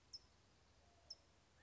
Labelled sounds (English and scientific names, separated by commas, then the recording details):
California Towhee (Melozone crissalis)
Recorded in Sonoma County, California